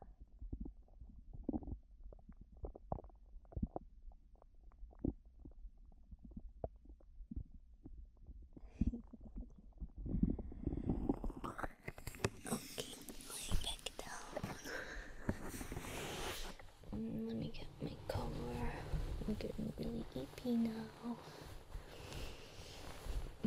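Soft, irregular low gurgles and clicks from an adult's abdomen, then louder rumbling mixed with rustling microphone noise.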